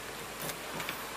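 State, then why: Seated. A manual key lock on the door of a 1995 Suzuki Escudo JLX 1.6 SUV is operated, and the lock mechanism clicks into the locked position at 0.9 s against a steady background hiss. The lock engages, working as central locking.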